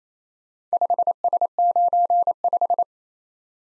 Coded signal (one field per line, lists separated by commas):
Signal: Morse code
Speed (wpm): 30 wpm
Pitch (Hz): 700 Hz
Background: none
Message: 5S95